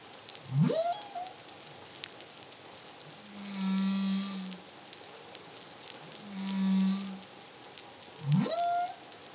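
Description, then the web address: Humpback whale song: sharp upsweeping whoops rising into a high tone at start and end, with two long steady low moans between them, over soft hiss and clicking. Humpback whale song, Caribbean, 2023. "CARIMAM humpback whale song"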